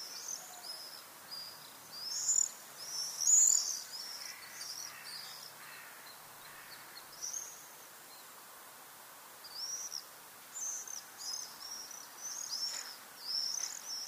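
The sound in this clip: Swifts giving shrill high screams in bursts, several birds overlapping, with quieter gaps between the louder passes.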